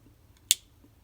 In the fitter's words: I don't know if you heard that click you have to push this metal piece downwards this way so that it's ready to staple